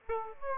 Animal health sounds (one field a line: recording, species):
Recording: mosquito wingbeat signal from an infrared sensor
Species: Aedes aegypti